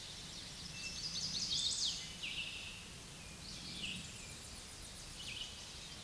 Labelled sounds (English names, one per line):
Chestnut-sided Warbler song